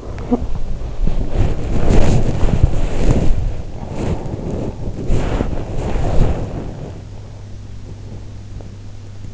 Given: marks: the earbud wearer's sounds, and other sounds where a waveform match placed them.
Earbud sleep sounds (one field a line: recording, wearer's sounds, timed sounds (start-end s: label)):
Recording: sounds in sleep by an in-ear microphone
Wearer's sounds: talking in sleep, body movement, teeth grinding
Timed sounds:
0.00-0.72 s: talking in sleep
0.97-7.10 s: body movement
7.71-9.17 s: teeth grinding